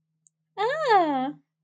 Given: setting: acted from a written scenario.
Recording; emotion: vocal sound without words; elation